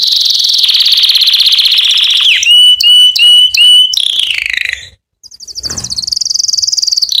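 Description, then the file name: Canary song: long rapid trills around high pitch, a run of four pure whistled notes near the middle, a brief pause, then a fast high rattling trill. Canary song intended for training young canaries to sing. "Chant Canari Pour l'écolage des jeunes"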